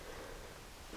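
A steel ball bearing is being pressed into a snowmobile idler wheel hub, with a piece of wood laid on top so the bearing isn't damaged while body weight pushes it down. Only a steady, soft rustling hiss is heard, with a slight swell near 0.9 s and no sharp click. Nothing has seated or clicked yet.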